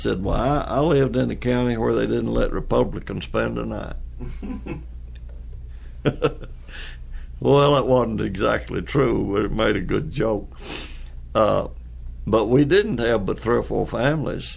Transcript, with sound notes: I said why I, I lived in a county where they didn’t let republicans spend the night. [laughter] Well, that wasn’t exactly true but it made a good joke. But we didn’t have but three or four families